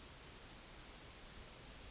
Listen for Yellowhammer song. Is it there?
no